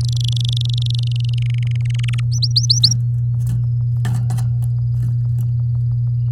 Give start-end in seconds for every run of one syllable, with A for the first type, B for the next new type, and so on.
0.00-1.39 A, 1.42-1.81 B, 1.85-2.20 C, 2.32-2.94 D